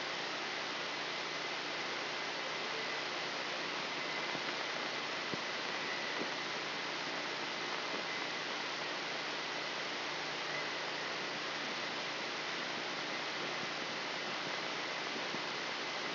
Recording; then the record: brain microelectrode recording played as sound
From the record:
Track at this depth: outside the subthalamic nucleus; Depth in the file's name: 5.106 mm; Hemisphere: left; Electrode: 3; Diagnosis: Parkinson's disease